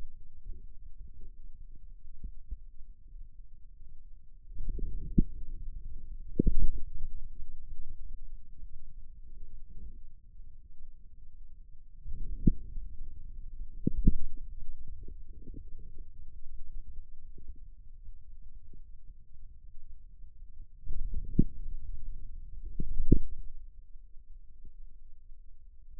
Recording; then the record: forearm muscle sounds (acoustic myography)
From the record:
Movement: outward rotation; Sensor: system 2, bracelet of six BSWA MPA416 microphones around the upper forearm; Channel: 1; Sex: male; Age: 22 years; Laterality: right